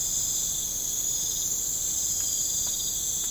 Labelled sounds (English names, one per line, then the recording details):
none
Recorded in pastures near Puerto Asís, Putumayo, Colombia, on 20 December 2024 at 03:30
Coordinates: 0.496, -76.326
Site G004